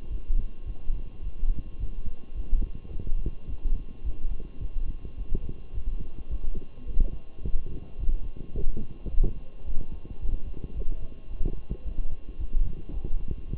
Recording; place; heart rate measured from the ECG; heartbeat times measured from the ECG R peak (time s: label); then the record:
heart sounds by stethoscope; between the tricuspid and mitral areas; 108 bpm
0.09 s: heartbeat
0.64 s: heartbeat
1.21 s: heartbeat
1.78 s: heartbeat
2.34 s: heartbeat
2.90 s: heartbeat
3.47 s: heartbeat
4.03 s: heartbeat
4.59 s: heartbeat
5.15 s: heartbeat
5.72 s: heartbeat
6.28 s: heartbeat
6.85 s: heartbeat
7.41 s: heartbeat
7.97 s: heartbeat
8.53 s: heartbeat
9.09 s: heartbeat
9.64 s: heartbeat
10.19 s: heartbeat
10.74 s: heartbeat
11.29 s: heartbeat
11.84 s: heartbeat
12.38 s: heartbeat
12.92 s: heartbeat
13.46 s: heartbeat
From the record:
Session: walking at 3.7 km/h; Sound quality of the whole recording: good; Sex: male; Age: 23 years